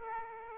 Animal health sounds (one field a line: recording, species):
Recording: mosquito wingbeat signal from an infrared sensor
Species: Aedes aegypti